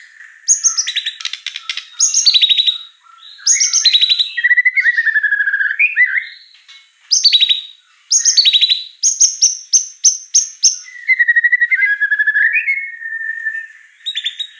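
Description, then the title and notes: White-rumped shama singing a rich, fast medley of high chirps, clicking runs and loud repeated notes, ending with lower slurred whistles. Lure song: vigorous singing with a rich repertoire of inserted mimicry phrases. "Pancingan Gacor Murai Batu Bongkar Isian Mewah. Murai Batu Dongfeng"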